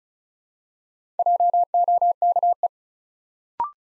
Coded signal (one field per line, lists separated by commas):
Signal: Morse code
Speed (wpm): 36 wpm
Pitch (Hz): 700 Hz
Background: none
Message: JOKE